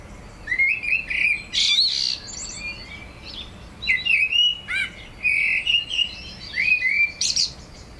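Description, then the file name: Eurasian blackbird song: rich whistled phrases sliding up and down, with thin squeaky notes, delivered in several bursts throughout. "Turdus merula"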